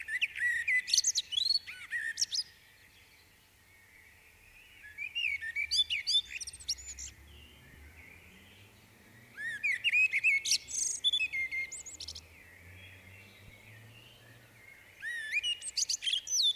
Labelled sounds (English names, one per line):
Common Blackbird song